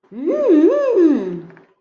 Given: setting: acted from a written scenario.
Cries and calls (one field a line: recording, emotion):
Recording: vocal sound without words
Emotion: interest